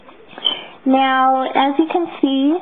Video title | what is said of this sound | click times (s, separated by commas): hair extension diy | and then snaps back in okay | 0.4 s, 0.5 s